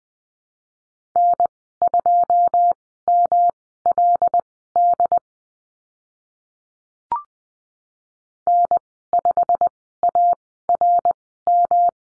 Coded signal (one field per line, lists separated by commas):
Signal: Morse code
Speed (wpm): 20 wpm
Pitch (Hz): 700 Hz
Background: none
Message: N2MLD N5ARM